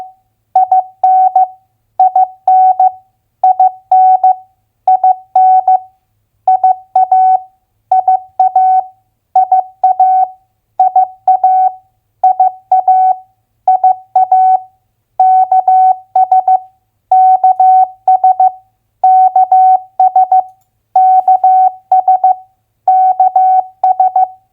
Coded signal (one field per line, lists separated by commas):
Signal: Morse code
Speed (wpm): 15 wpm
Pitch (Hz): 750 Hz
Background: none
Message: IN IN IN IN IA IA IA IA IA IA KS KS KS KS KS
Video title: Morse Code Head Copy - US State Abbreviations at 15wpm